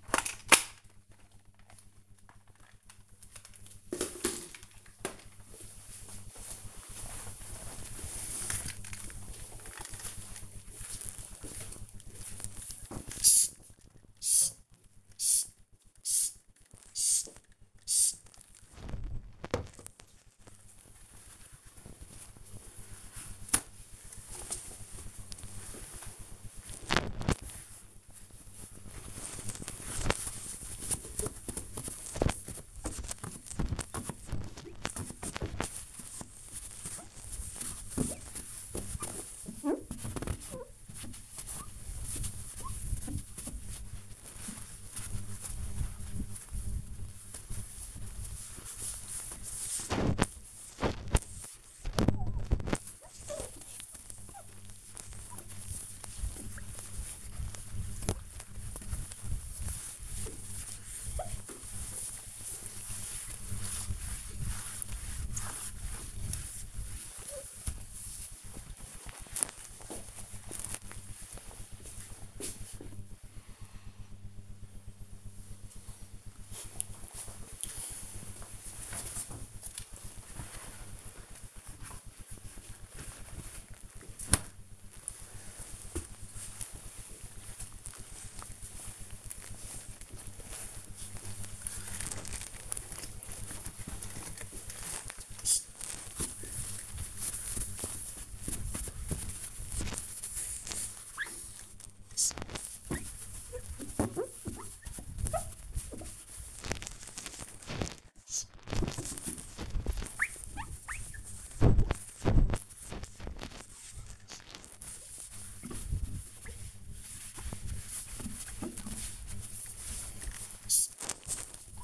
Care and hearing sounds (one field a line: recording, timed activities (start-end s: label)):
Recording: household activities, microphone on the right wrist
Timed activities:
8.31-67.84 s: window cleaning
80.93-121.84 s: window cleaning